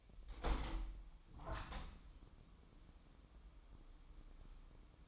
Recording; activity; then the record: daily activity, microphone in the room; open window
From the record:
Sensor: 1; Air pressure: 1006.4 hPa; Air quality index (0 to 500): 208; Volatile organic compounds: 23 ppm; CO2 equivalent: 2791 ppm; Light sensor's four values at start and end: 12/30/12/13 and 12/32/12/14